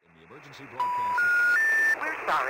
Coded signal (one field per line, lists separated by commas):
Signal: telephone call progress tone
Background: speech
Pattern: special information tone